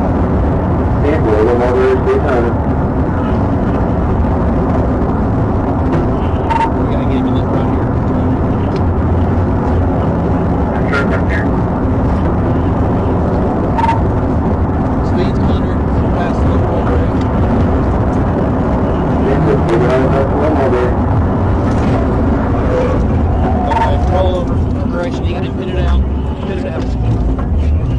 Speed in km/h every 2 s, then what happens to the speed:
163, 166, 156, 151, 158, 164, 164, 161, 167, 171, 142, 81, 64, 37.
0-6 slows to 151. 6-10 speeds up to 164. 10-19 steady at about 164. 19-28 brakes to 37.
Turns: none.